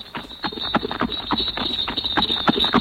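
horse hooves clip-clopping

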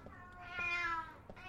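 cat meowing

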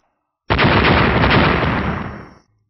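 series of loud explosions

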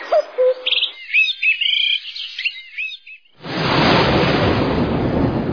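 birds chirping and singing

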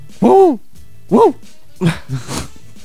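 dog barking

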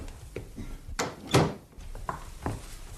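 door being shut

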